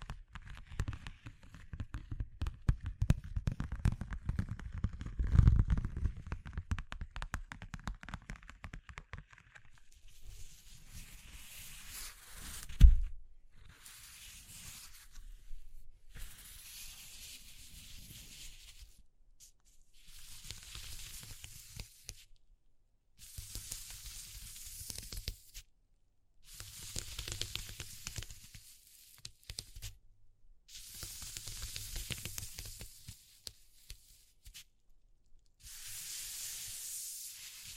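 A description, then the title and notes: A study in textures opens with ten seconds of low, rumbling crackle and scraping, followed by a sharp thump near thirteen seconds. After that come regular bursts of bright, hissing sizzle, each lasting a couple of seconds and separated by short silences. ASMR Exploring Textures (No Talking).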